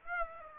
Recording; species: mosquito wingbeat signal from an infrared sensor; Aedes aegypti